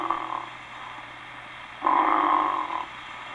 The basic snore, or type 1, is the ordinary or Pullman car form. Soft palate calisthenics. Snores are produced by two movements of the breath, an inspirational movement and an expirational movement.